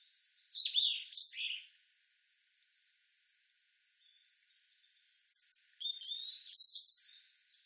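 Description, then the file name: European robin song: a short run of liquid high notes, a long pause, then a louder, denser phrase of warbled and trilled notes. "Erithacus rubecula"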